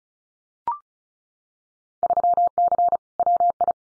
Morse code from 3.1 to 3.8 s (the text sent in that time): WI